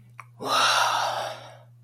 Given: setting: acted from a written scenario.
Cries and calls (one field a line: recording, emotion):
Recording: vocal sound without words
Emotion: ecstasy